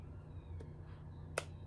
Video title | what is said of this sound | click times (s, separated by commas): Wow! Seint Shades of the Season Summer 2023 are STUNNING!!!! I try them all. | I'm going to show you how these just easily go right into place they snap right in | 1.4 s